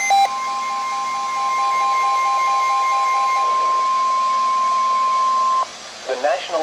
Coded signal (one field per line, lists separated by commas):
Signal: Emergency Alert System (SAME) tones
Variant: 1050 Hz attention tone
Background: speech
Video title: Compilation with a twist | EAS alerts from 5/2-3 2025 EAS's #224-267